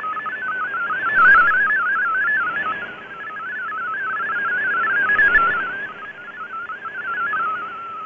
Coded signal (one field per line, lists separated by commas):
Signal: multi-tone FSK (Olivia or MFSK type)